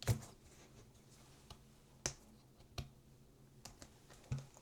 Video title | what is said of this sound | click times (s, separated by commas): Is this the best case and wallet combo for iPhone 17 Pro Max? | There you go. Clip that into there. And that's nicely clipped in. | 2.1 s, 2.8 s, 3.7 s